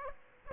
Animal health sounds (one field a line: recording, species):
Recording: mosquito wingbeat signal from an infrared sensor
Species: Aedes aegypti